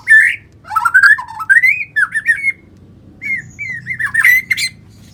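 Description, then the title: White-rumped shama song: rich whistled phrases rising and falling, broken by a short pause, then more fluting notes and a few sharp high chips. "murai batu"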